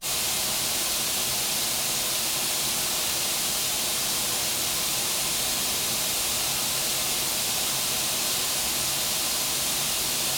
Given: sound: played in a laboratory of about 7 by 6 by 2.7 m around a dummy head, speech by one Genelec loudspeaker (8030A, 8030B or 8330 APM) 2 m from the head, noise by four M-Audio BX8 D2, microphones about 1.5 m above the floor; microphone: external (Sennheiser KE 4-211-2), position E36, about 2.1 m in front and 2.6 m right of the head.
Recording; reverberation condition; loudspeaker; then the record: white noise; medium; four, about 170 cm from the corners of the room and facing them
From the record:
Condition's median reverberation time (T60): about 510 ms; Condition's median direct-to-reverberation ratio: about -0.5 dB